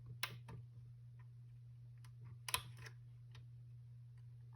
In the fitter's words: gördüğünüz gibi çıt diye sesi duymuşsunuzdur